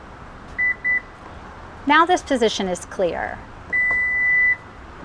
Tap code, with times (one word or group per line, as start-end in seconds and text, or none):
none